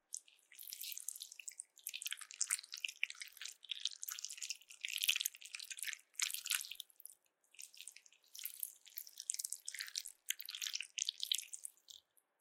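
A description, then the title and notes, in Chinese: Slippery jelly being squished and handled, giving wet, crackly squelches in quick clusters. The sounds are bright and hissy with no low end, coming in bursts of a second or so separated by brief pauses, repeating steadily throughout. 滑溜溜的果凍觸發 | Jelly Trigger。NO Talking。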